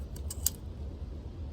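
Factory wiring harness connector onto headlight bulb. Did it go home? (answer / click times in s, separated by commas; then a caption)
yes / 0.5 s. A Jeep Wrangler's factory wiring harness plastic connector is pushed onto the factory headlight bulb, with a few faint ticks at 0.2 and 0.3 s over a low hum. The clasp engages with one sharp, bright click at 0.5 s, followed by a tiny tick at 0.6 s. The connector is seated on the bulb.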